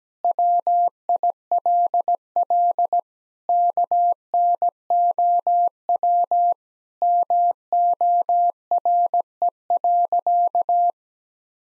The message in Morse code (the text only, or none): WILL KNOW MORE.